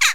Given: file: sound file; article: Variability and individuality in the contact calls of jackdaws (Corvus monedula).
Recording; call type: jackdaw call; harmonic